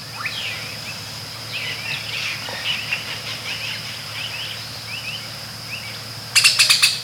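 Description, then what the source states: Birds giving short rising chirps in a scattered chorus over a steady high-pitched hum, with a burst of sharp rapid clicks near the end. Belize.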